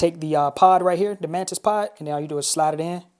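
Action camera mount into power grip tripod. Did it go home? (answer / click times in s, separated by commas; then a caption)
no / none. A PGYTECH Mantispod Power GoPro Edition power grip tripod is being handled so it can be slid onto the GoPro action camera's mount. Someone talks throughout, and there is no distinct click. The clip ends before the grip goes home, so nothing has seated or clicked yet.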